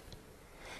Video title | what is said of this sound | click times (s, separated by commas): Maclaren Techno XLR | and it just locks off by the clip that's on the side here | 0.1 s